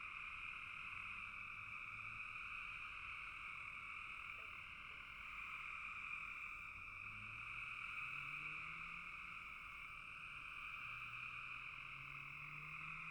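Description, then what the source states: Steady frog chorus, a continuous buzzy trill throughout, with faint low gliding tones drifting underneath. Several frogs calling in a bog.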